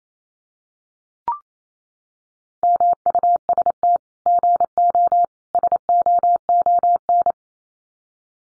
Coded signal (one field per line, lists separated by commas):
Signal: Morse code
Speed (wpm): 28 wpm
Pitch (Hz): 700 Hz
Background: none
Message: MUST GO SOON